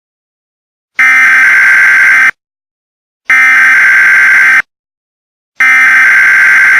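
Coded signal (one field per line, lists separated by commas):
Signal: Emergency Alert System (SAME) tones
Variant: header bursts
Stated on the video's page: Fictional EAS scenario.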